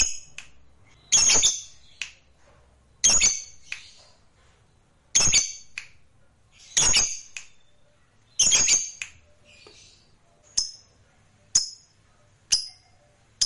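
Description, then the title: Lovebird chirps: sharp, shrill high notes given singly about every one to two seconds, each with a clicky attack, some followed by short trailing squeaks. "Suara Lovebird"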